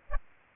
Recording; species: mosquito wingbeat signal from an infrared sensor; Aedes aegypti